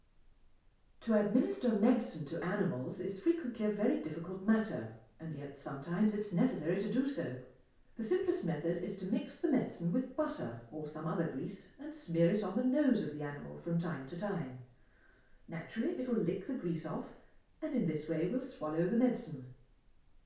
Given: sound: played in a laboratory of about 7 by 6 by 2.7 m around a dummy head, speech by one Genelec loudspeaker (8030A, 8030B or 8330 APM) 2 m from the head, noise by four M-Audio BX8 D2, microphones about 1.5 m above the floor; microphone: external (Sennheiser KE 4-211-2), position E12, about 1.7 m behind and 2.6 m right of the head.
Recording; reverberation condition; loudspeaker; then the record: female speech in English; medium; 60 degrees to the right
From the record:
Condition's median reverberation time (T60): about 510 ms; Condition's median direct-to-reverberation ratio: about -0.5 dB